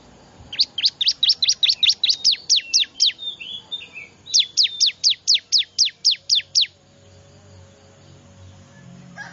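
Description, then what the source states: Bar-winged prinia call: two rapid bursts of sharp, high chips separated by a short squeaky phrase, then quiet with a faint hum. Lure call (pikat) used to attract wild birds, described as noisy ('ribut') ciblek calling.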